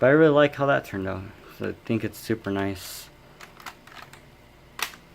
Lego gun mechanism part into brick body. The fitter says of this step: can hear the click there next